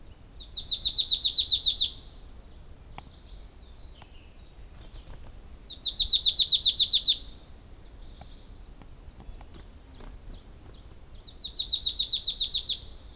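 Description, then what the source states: Willow tit calling in three bursts of rapid, buzzy repeated notes, each about one and a half seconds long and spaced roughly five seconds apart, with faint chirps between. Subspecies Poecile montanus baicalensis.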